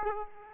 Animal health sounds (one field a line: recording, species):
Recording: mosquito wingbeat signal from an infrared sensor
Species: Aedes aegypti